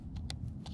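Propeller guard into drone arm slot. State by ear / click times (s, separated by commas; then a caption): not seated / none. A plastic propeller guard is handled and pushed toward the guard slot on a motor pod of a Potensic P5 Dreamer mini drone. Brief handling ticks occur over a low steady hum, the sharpest at about 0.3 s. Nothing has seated or clicked into place yet.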